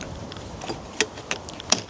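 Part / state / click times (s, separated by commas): e-bike battery pack into down-tube frame mount / seated / 1.7 s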